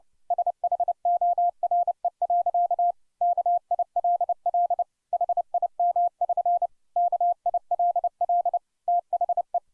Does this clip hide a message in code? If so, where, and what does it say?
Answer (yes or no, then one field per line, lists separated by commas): yes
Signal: Morse code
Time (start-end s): 0.3-9.6 s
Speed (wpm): 29 wpm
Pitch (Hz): 700 Hz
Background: none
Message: SHORE. KILL HIM<SN> KILL THE